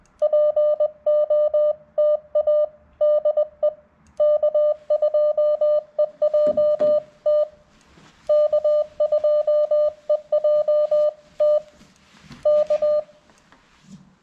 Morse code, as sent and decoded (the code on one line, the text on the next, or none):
.--. --- - .- / -.. . / -.- ..--- . .--- - / -.- ..--- . .--- - / -.-
POTA DE K2EJT K2EJT K